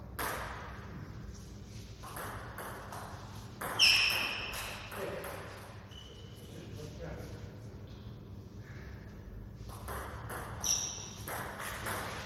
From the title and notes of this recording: Friendly table tennis match. Often in the table tennis hall, I like to make recordings during training. We have a friendly match in the hall.